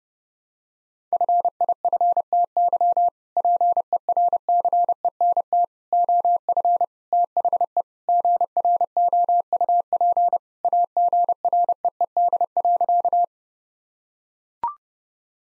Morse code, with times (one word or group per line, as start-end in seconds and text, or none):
1.1-3.1 FIFTY
3.4-5.6 PERCENT
5.9-6.8 OF
7.1-7.8 THE
8.1-10.4 GROUP
10.6-13.2 AGREED.